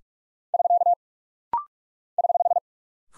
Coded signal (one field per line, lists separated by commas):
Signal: Morse code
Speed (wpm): 44 wpm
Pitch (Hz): 700 Hz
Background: none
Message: <SK> <HH>